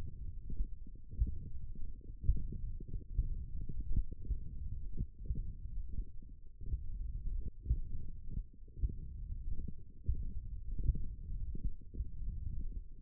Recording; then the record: forearm muscle sounds (acoustic myography)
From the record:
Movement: finger pinch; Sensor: system 1, eight BSWA MPA416 microphones around the upper forearm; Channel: 7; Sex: male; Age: 21 years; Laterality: right